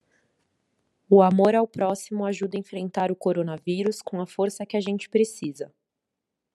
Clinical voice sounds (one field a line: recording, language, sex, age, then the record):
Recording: spoken sentence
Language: Brazilian Portuguese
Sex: female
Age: 30 to 39 years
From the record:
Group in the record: control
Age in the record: 31 years